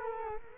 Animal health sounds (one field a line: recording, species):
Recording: mosquito wingbeat signal from an infrared sensor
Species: Culex quinquefasciatus